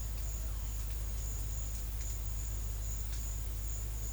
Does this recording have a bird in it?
no